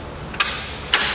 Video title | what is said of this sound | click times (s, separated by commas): etrailer - Fit Test: RockyMounts MonoRail Solo Bike Rack for 2 Bikes on a 2014 Subaru XV Crosstrek | see you hear that click and | 0.9 s